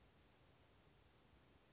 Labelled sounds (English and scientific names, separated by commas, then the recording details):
Western Flycatcher (Empidonax difficilis)
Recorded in Sonoma County, California